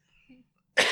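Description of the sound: A single abrupt, harsh adult cough bursts out at the end after a faint murmur of low voice sounds, and it cuts off mid-cough. It is one plain dry-sounding cough with no wheeze or whoop.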